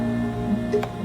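A small case screw is placed in its hole in the bottom cover of a mid 2010 Apple MacBook Pro and turned backwards so it won't cross-thread. Over a steady low hum, a short sharp click at 0.8 s marks the screw dropping into the start of the thread. The screw is seated and ready to be tightened the right way.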